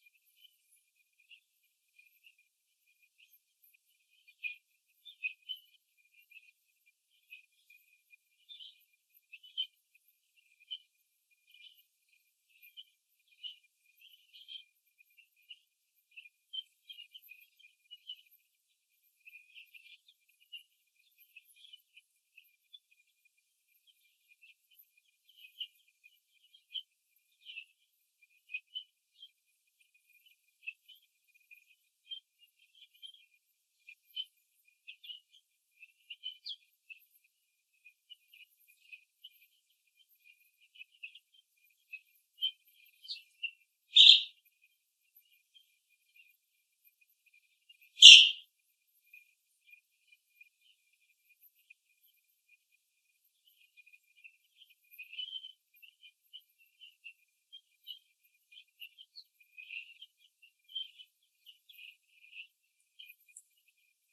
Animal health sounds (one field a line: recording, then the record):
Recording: young laying hens in a cage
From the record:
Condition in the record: before the stressor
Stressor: simulated dog barking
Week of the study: 2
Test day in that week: 3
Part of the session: 2